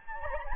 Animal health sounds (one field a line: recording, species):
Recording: mosquito wingbeat signal from an infrared sensor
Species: Anopheles gambiae